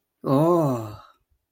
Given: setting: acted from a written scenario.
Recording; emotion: vocal sound without words; desire